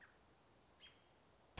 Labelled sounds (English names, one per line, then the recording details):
American Robin
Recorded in Sonoma County, California